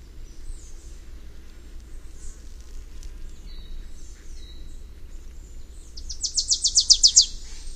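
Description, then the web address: Wilson's warbler song: a fast chatter of several sharp high notes near the end, over a low steady rumble. North American bird, listed among common western species. "Songs of Birds of North America Know Your Bird Sounds Common Western Species. Wilsons Warbler"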